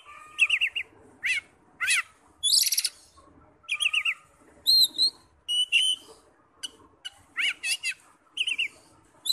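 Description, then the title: Oriental magpie-robin song: repeated downslurred whistles, harsh rasping notes and a pure ringing whistle, delivered in spaced phrases. "Kacer"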